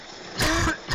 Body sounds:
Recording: coughing mixed with background sound

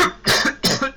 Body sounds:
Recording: coughing mixed with background sound

